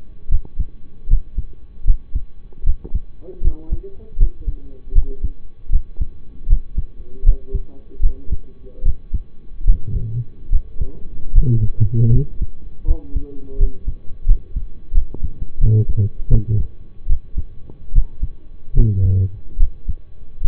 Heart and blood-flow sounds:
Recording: heart sounds by stethoscope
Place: between the tricuspid and mitral areas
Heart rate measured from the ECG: 78 bpm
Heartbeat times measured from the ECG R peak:
0.29 s: heartbeat
1.07 s: heartbeat
1.84 s: heartbeat
2.64 s: heartbeat
3.41 s: heartbeat
4.17 s: heartbeat
4.93 s: heartbeat
5.70 s: heartbeat
6.47 s: heartbeat
7.23 s: heartbeat
8.00 s: heartbeat
8.83 s: heartbeat
9.64 s: heartbeat
10.50 s: heartbeat
11.32 s: heartbeat
12.10 s: heartbeat
12.85 s: heartbeat
13.57 s: heartbeat
14.25 s: heartbeat
14.92 s: heartbeat
15.58 s: heartbeat
16.29 s: heartbeat
17.07 s: heartbeat
17.92 s: heartbeat
18.74 s: heartbeat
19.57 s: heartbeat
20.42 s: heartbeat
From the record:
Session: rest, lying down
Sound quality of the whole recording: partially saturated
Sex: male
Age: 25 years

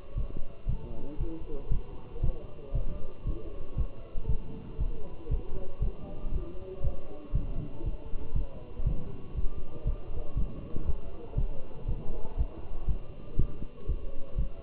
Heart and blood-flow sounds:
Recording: heart sounds by stethoscope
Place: between the tricuspid and mitral areas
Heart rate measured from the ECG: 118 bpm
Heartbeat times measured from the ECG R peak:
0.18 s: heartbeat
0.69 s: heartbeat
1.20 s: heartbeat
1.72 s: heartbeat
2.24 s: heartbeat
2.75 s: heartbeat
3.27 s: heartbeat
3.78 s: heartbeat
4.29 s: heartbeat
4.80 s: heartbeat
5.31 s: heartbeat
5.82 s: heartbeat
6.34 s: heartbeat
6.84 s: heartbeat
7.35 s: heartbeat
7.86 s: heartbeat
8.36 s: heartbeat
8.87 s: heartbeat
9.37 s: heartbeat
9.87 s: heartbeat
10.37 s: heartbeat
10.87 s: heartbeat
11.38 s: heartbeat
11.89 s: heartbeat
12.39 s: heartbeat
12.89 s: heartbeat
13.39 s: heartbeat
13.89 s: heartbeat
14.38 s: heartbeat
From the record:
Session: walking at 3.7 km/h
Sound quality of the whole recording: good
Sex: male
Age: 27 years

